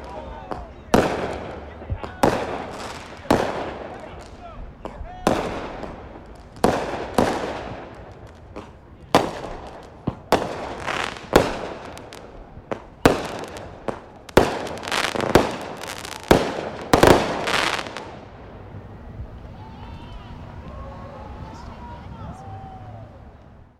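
Fireworks go off close by in a rapid, irregular barrage of sharp bangs for about eighteen seconds, several crackling with a bright fizz. Voices murmur and cheer underneath, and after the last blast the barrage stops, leaving crowd chatter and distant whoops.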